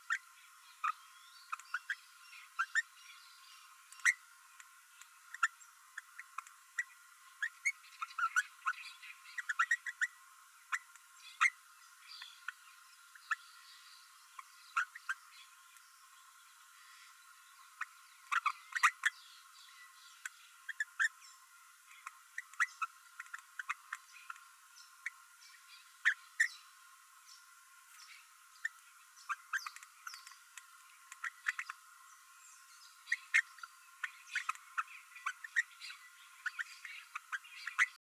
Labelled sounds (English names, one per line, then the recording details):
Green-rumped Parrotlet babbling
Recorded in a nest box in Venezuela
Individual 18B12A3